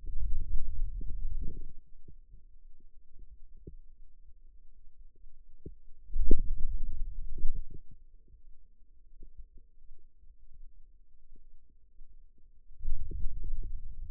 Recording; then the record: forearm muscle sounds (acoustic myography)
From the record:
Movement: hand opening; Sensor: system 2, bracelet of six BSWA MPA416 microphones around the upper forearm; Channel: 1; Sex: male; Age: 22 years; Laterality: right